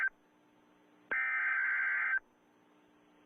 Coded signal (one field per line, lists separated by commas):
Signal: Emergency Alert System (SAME) tones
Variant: header bursts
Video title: Rating EAS Alarms part 5 (message at beginning)